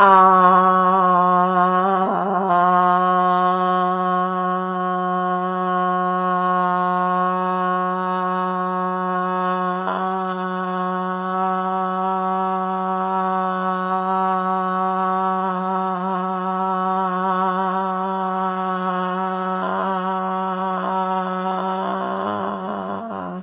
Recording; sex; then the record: sustained vowel /a/; female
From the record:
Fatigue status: no fatigue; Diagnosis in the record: COVID-19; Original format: 3gp